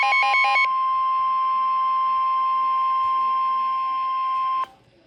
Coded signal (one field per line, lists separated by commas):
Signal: Emergency Alert System (SAME) tones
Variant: 1050 Hz attention tone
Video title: (EAS #79) severe thunderstorm warning. 8/14/24. ￼